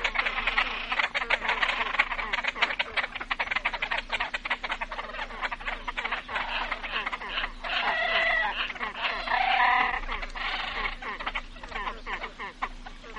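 Great crested grebe calls, rapid dry clicking throughout, joined near the middle by a few short harsh nasal notes.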